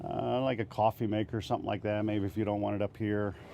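Someone talks while handling the fold-out counter extension in the galley of a 2025 Winnebago Solis 59P pop top van. The extension is being readied to lock into place, but nothing has seated or clicked yet.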